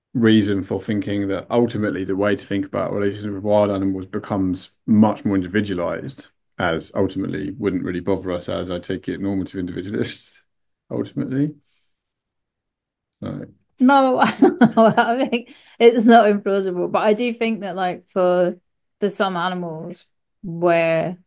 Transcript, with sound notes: reason for thinking that, ultimately, the way to think about relationships with wild animals becomes much more individualized, and ultimately wouldn’t really bother us as normative individualists, ultimately? No?
No… [laughs] it’s not implausible, but I do think that, like, for some animals, where